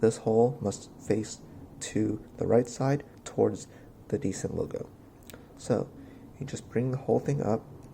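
A stainless steel V2 spacer kit is brought up one-handed toward the group head of a Decent espresso machine, its hole facing right toward the Decent logo, to lock onto two locating pins. Someone talks throughout, with no distinct mechanical sound. The clip ends before the part goes home; nothing has seated or clicked yet.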